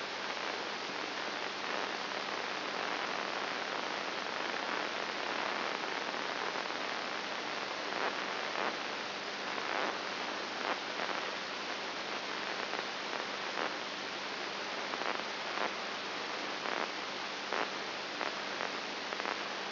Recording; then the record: brain microelectrode recording played as sound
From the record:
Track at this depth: inside the subthalamic nucleus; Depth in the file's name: 3.901 mm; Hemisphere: right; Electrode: 2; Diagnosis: Parkinson's disease